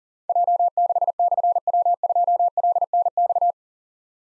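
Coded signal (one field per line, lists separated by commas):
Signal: Morse code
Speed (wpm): 42 wpm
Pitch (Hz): 700 Hz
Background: none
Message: J6/W2LNX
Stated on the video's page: Call-sign copy drill at 40 wpm: difficult call signs with slashes, sent in Morse, spoken, then sent again.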